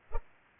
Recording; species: mosquito wingbeat signal from an infrared sensor; Culex pipiens